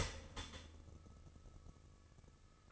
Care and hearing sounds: daily activity, microphone in the room; start toaster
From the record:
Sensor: 4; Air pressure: 1008.0 hPa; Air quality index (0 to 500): 102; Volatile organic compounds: 1 ppm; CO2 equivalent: 760 ppm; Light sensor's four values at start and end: 9/19/7/7 and 9/19/8/8

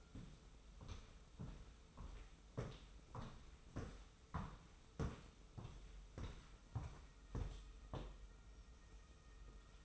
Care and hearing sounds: daily activity, microphone in the room; walk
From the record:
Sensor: 1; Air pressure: 994.4 hPa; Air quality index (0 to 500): 218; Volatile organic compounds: 1000 ppm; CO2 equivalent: 7818 ppm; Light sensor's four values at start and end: 85/186/83/85 and 86/185/84/88

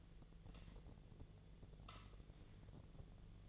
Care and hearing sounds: daily activity, microphone in the room; light on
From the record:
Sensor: 4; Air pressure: 1010.7 hPa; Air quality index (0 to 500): 174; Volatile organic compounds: 5 ppm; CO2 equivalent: 1770 ppm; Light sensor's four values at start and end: 36/105/41/42 and 36/106/42/42

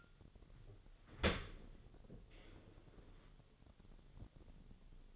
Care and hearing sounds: daily activity, microphone in the room; open dishwasher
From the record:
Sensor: 4

